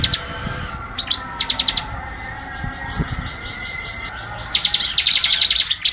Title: Masteran 2019 Cisem Ciblek Semi Dan Cikris Ciblek Kristal